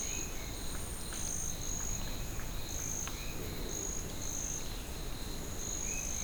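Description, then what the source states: Crickets chirping, a continuous shrill buzz broken into short repeated pulses, with occasional soft snaps. Crickets in ambience at Anavilhanas National Park, Novo Airão, Amazonas, Brazil.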